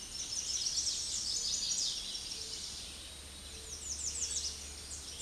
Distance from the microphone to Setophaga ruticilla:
about 30 m